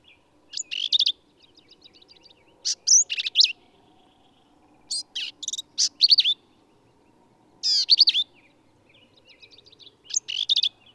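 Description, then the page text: Black-capped Vireo song: varied buzzy and chirping phrases with short pauses, over a faint, steady low hum in the background. Endangered per U.S. Fish and Wildlife Service; sings phrases alone, truncated, embellished or run together, lively and emphatic; same individual, Kerr Wildlife Management Area, Hunt, Texas hill country. "Birdsong for the Curious Naturalist. Black-capped vireo"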